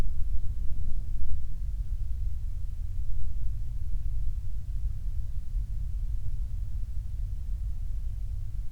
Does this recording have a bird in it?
no